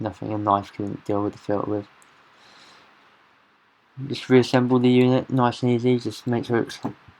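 A fuel filter component is handled during reassembly of the diesel fuel filter housing unit on a 2008 Vauxhall Combo Van 1.7 Diesel while someone talks. There is a quiet stretch with faint hiss between about 2 and 4 seconds before the talking resumes. Nothing has seated or clicked yet.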